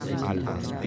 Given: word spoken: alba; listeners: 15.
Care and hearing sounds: one Spanish word in noise, from a listening test; eight-talker babble; -1.8 dB; 2 of 15; 6 of 15; 0.47 s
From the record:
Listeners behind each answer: 6, 3, 2, 2, 1, 1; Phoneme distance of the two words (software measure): 10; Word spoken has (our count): 2 syllables, 4 phonemes, stress on syllable 1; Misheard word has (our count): 2 syllables, 4 phonemes, stress on syllable 1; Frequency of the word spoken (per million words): 21.06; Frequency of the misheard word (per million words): 87.55

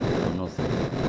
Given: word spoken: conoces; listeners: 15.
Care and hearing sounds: one Spanish word in noise, from a listening test; noise modulated by three-talker babble; -6.3 dB; 1 of 15; 10 of 15; 0.69 s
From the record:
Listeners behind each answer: 10, 2, 1, 1, 1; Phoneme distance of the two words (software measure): 7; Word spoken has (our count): 3 syllables, 7 phonemes, stress on syllable 2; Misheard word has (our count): 3 syllables, 6 phonemes, stress on syllable 2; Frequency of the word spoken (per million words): 8.27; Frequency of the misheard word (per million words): 66.14

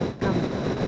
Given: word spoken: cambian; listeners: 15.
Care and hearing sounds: one Spanish word in noise, from a listening test; noise modulated by three-talker babble; -6.9 dB; 0 of 15; 7 of 15; 0.48 s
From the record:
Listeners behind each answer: 7, 5, 2, 1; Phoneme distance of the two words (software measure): 34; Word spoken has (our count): 2 syllables, 7 phonemes, stress on syllable 1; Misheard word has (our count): 2 syllables, 5 phonemes, stress on syllable 1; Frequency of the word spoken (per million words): 11.29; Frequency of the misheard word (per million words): 201.72

